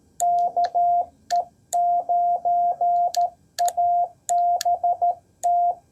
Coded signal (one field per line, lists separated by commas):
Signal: Morse code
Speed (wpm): 13 wpm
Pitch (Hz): 700 Hz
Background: none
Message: KE9ABT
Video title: A Redeeming CW POTA Activation at Mounds State Park!